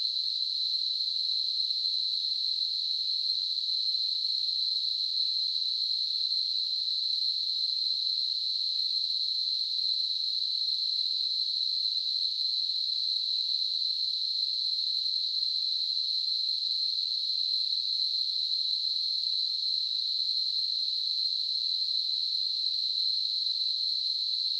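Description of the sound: A steady, unbroken high-pitched hiss centred near 4 kHz plays at constant loudness for about 25 seconds, with no rhythm or pauses. It is a simulated tinnitus sound, imitating the continuous ringing or hissing some people perceive in their ears.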